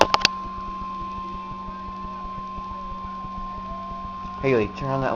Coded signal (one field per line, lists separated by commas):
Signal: Emergency Alert System (SAME) tones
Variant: 1050 Hz attention tone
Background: speech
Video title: Real NOAA Weather Radio EAS Alert #46